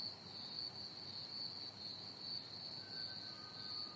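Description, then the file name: Crickets trilling in an unbroken, high-pitched buzz throughout, with a faint drawn-out bird whistle late on. Crickets recorded together with a pied butcherbird. "pied butcherbird and crickets chirping"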